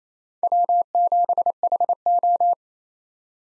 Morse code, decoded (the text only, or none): W7HO